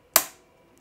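A plastic side cover panel is pushed onto the frame of a Zortrax M200 3D printer and gives one sharp, bright snap at 0.2 s. The snap rings out briefly and decays by about 0.35 s, leaving near silence except for a faint tick near 0.8 s. The panel snaps into place and is seated.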